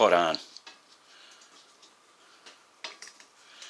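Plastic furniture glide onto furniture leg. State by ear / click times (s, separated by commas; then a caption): seated / 2.8 s. Someone talks briefly, then a cheap dollar-store plastic furniture glide is pushed onto a furniture leg, with a few faint ticks of handling. It pops right on with a sharp click at 2.8 s, followed by a couple of small clicks as it seats.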